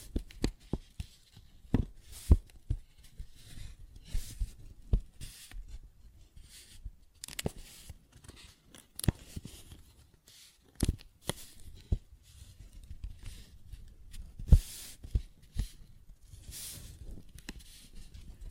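Paper bag tapping and scratching, with sharp irregular taps scattered throughout and bursts of crinkly scratching between them. Louder knocks land around two, seven, eleven and fifteen seconds, and a low rumble sits under the crackling texture.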